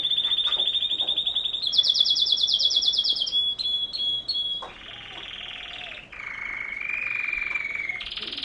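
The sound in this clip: Canary singing loudly in a sequence of fast tours: a high even trill, a very rapid shrill roll, short whistles, then a lower buzzy trill.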